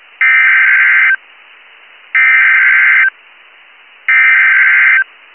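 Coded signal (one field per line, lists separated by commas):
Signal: Emergency Alert System (SAME) tones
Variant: header bursts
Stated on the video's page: Real captured EAS alerts from Virginia and New York.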